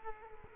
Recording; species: mosquito wingbeat signal from an infrared sensor; Culex quinquefasciatus